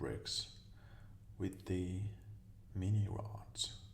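Light brown plastic bricks with mini rods are handled over a plastic toy brick model, ready to snap onto the studs, while someone talks in a soft voice. Nothing has seated or clicked yet.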